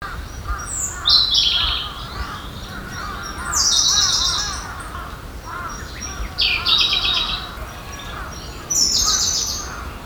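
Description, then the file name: Siberian blue robin song: loud, high, rapid rattling trill phrases repeated about every two and a half seconds, over a busy chorus of lower-pitched chirping birds and steady background hiss. "koruri"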